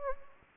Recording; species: mosquito wingbeat signal from an infrared sensor; Anopheles gambiae